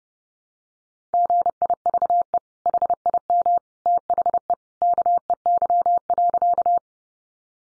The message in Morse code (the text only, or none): GIVE HIM THE KEY.